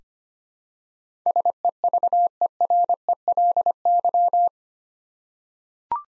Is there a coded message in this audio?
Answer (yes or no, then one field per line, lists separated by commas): yes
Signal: Morse code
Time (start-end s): 1.3-4.5 s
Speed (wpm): 25 wpm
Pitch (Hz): 700 Hz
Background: none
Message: SEVERELY